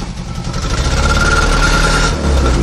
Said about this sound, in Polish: satysfakcją dla nas jest, jak w cudzysłowie mówiąc, auta zagadają, czyli po całej rekonstrukcji, po odbudowie ten silnik rusza.